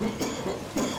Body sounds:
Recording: coughing mixed with background sound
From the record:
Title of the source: Spring Cold Coughing 3

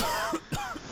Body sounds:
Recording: coughing mixed with background sound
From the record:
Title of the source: Coughing 51

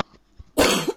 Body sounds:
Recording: coughing mixed with background sound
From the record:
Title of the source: 60 coughing still (deep and wet cough)

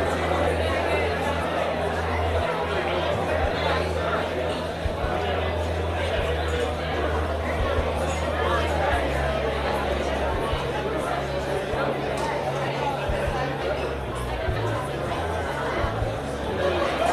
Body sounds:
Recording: background sound without coughing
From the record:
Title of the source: CITY SOUNDS Busy Bar in the Evening Night - 2 HOURS of Ambiance for Relaxation

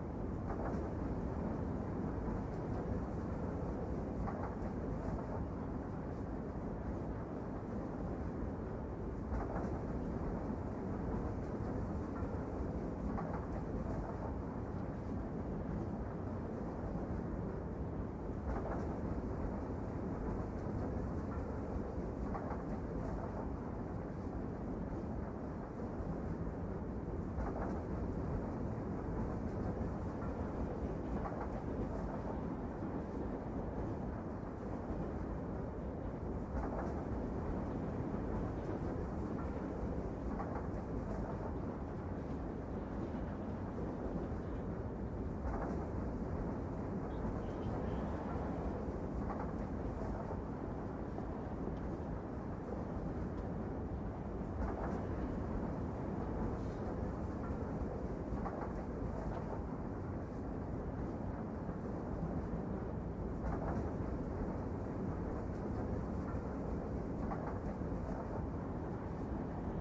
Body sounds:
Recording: background sound without coughing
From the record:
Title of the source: Train Ride Ambience ambient white noise for sleeping, focus, studying, reading

